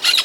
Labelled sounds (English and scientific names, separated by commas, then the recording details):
Brown-throated Parakeet (Eupsittula pertinax) contact call
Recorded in Venezuela
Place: Guárico; Corozopando; Fundo La Fe
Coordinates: 8.506, -67.593